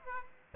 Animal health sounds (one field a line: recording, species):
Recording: mosquito wingbeat signal from an infrared sensor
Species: Aedes aegypti